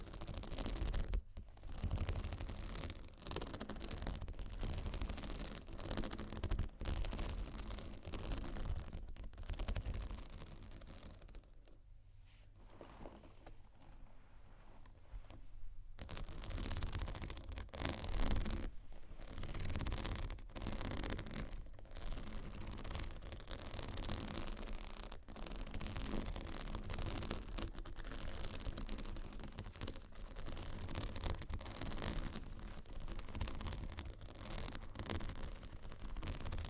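Fingernails scratch and tap across textured bags, studded and crocodile, in a dense, rough, hissing rasp broken by frequent sharp taps. The scratching runs almost continuously, easing into a softer, duller stretch from about 12 to 16 seconds before picking back up.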